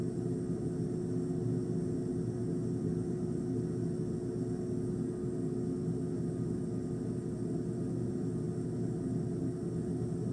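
An ice machine hums steadily with a dense, low drone and a faint high whine, unchanging throughout, heard up close.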